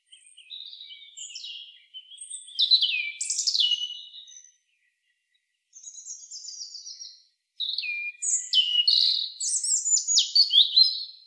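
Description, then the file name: European robin song: thin, liquid warbled phrases with high sliding notes and trills, three bursts separated by short pauses. "Erithacus rubecula"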